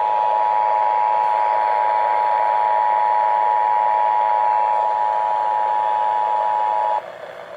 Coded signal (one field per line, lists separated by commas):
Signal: Emergency Alert System (SAME) tones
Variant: 853 and 960 Hz attention tone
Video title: HELLO 2020... EAS Tests from 1/7/20 - 1/16/20 (EAS #3,660 - 3,671)